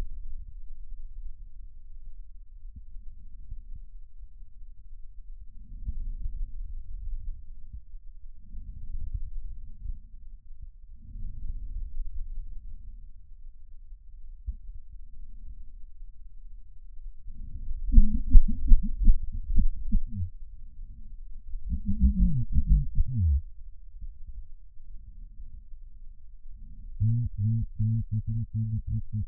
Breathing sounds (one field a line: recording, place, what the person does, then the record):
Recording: lung sounds by stethoscope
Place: right posterior basal chest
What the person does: quiet breathing, then cough and speech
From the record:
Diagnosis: none (healthy)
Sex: male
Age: 45 years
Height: 173 cm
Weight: 92 kg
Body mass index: 30.7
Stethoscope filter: bell mode